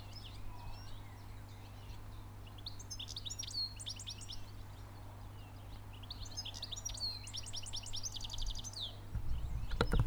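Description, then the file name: European goldfinch: liquid, twittering calls of European goldfinch come in two busy bursts of tinkling notes, above a steady low hum, ending with a loud rustling noise. "Carduelis carduelis"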